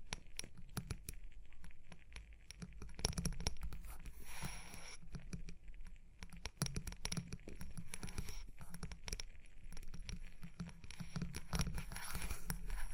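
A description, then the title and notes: Tapping and scratching sounds come in quick, irregular bursts of sharp clicks and rubbing noises. They continue throughout, with busier clusters around three to five seconds and again near eleven to twelve seconds. A low rumble sits underneath. Tapping and Scratching (No Talking).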